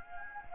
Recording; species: mosquito wingbeat signal from an infrared sensor; Anopheles gambiae